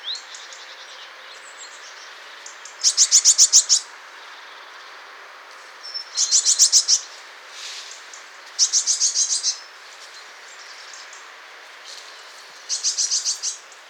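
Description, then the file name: Eurasian blue tit giving four high, rapid churring bursts, each a quick string of sharp notes, separated by a few seconds, with faint thin calls and steady background hiss. "Cyanistes caeruleus"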